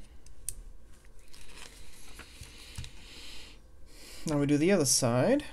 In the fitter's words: snaps right in there